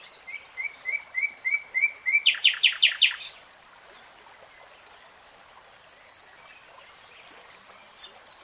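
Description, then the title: Nightingale song: a run of repeated short upslurred notes leading into a loud rapid buzzy rattle, then quiet with faint notes. "[Tiếng chim hót] 3 Hours REALTIME Nightingale Singing"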